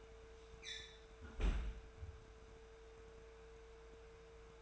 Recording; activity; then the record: daily activity, microphone in the room; close fridge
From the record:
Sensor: 2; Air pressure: 1014.7 hPa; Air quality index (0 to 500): 191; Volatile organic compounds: 16 ppm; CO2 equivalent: 2529 ppm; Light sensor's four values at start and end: 18/46/19/21 and 23/57/24/27